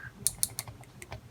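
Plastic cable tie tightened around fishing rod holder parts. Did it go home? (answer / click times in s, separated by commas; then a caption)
yes / 0.3 s, 0.4 s, 0.6 s, 1.0 s, 1.1 s. A plastic cable tie is pulled tight around the parts of a homemade fishing rod holder while they are held in place by hand. Sharp ratchet clicks sound at 0.3, 0.4, 0.6, 1.0 and 1.1 seconds with each pull. The tie ratchets tight and is seated.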